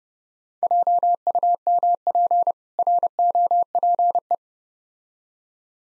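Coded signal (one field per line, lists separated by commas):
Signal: Morse code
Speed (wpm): 30 wpm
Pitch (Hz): 700 Hz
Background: none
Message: JUMP ROPE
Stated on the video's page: Morse code practice drill of difficult words with context hints at 30 wpm.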